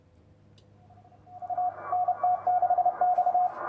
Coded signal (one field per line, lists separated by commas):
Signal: Morse code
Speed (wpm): 30 wpm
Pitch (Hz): 720 Hz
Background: radio noise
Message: A NT6X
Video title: 6’ High 40m EFHW Real World SHTF Desperation Antenna Works 7 using CW